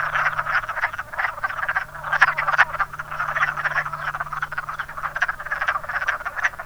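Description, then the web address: Wood frogs in full chorus, overlapping hoarse duck-like croaks throughout, with a faint steady low hum in the background. "zoology woodfrog"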